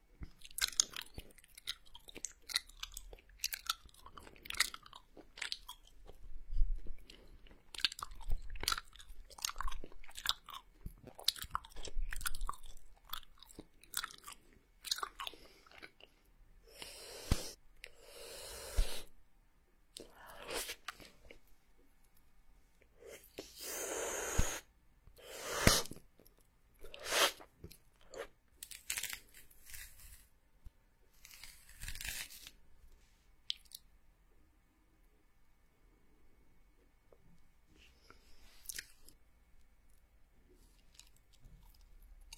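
Mouth sounds of eating: quick crunches, chewing and sticky smacks. The first fifteen seconds are dense with rapid clicks and bites, then louder crackling bursts arrive around 17, 24–26 and 31 seconds, thinning to sparse soft clicks near the end.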